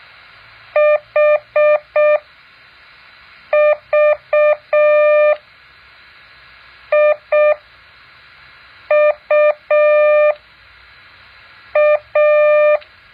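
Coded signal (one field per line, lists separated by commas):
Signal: Morse code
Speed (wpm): 6 wpm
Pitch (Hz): 600 Hz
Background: none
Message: HVIUA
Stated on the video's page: Morse code practice exercise.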